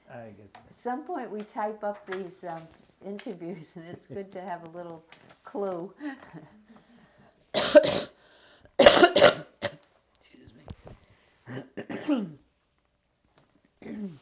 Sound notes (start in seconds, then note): 3.7 chuckles; 6.0 chuckles; 7.5 coughs